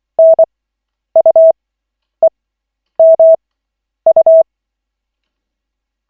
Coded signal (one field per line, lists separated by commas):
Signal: Morse code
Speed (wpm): 24 wpm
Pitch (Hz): 650 Hz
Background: none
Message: NUEMU